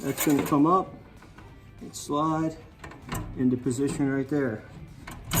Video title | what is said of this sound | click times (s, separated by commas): Como ARMAR un asador Green Mountain | it locks into place there | 5.1 s, 5.3 s